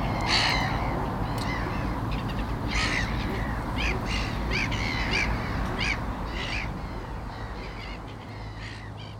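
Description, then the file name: Black-headed gulls giving harsh, grating calls in quick succession, several overlapping, over a constant low rumble. "naurulokki"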